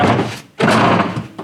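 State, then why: Not seated. A homemade, removable padded dog platform is handled over its seat base in a Polaris UTV as it is pushed back down toward its latch, while someone talks briefly. A broad rustling bump rises at about 0.6 s and carries on, with a short sharp tap near 1.4 s at the very end. The platform has not seated or clicked yet.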